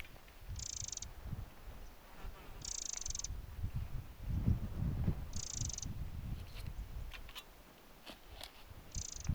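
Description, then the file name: Eurasian wren giving short, dry, pulsed rattles, four bursts spread throughout, over steady low rumbling background noise and a few faint clicks. "Troglodytes troglodytes"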